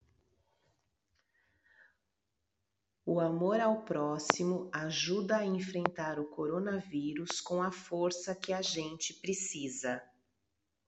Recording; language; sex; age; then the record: spoken sentence; Brazilian Portuguese; female; 40 to 49 years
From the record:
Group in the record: control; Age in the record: 48 years